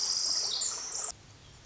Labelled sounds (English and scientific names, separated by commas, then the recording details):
Pacific Wren (Troglodytes pacificus)
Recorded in Sonoma County, California